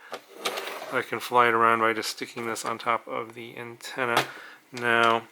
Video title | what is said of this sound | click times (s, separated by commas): Flying a DRONE in Mexico! 😜 | puts on here locks into place and then | 0.5 s